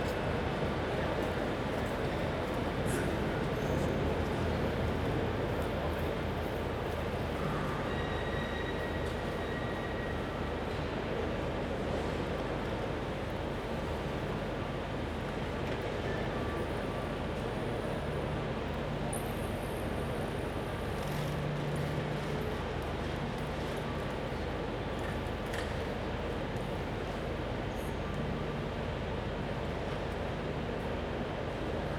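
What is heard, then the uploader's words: Inside a busy railway station, a dense, steady rumble of engines and rolling stock fills the space without letting up. Brief tones and squeals rise above it now and then, with faint voices and clatter blending into the constant hall noise. Recorded at Newcastle's Central Station.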